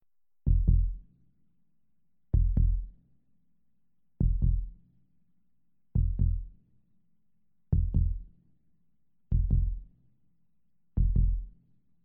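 Slow paired lub-dub human heartbeats in a hospital setting, about 32 rising to 36 a minute, gradually speeding up, as a sound effect.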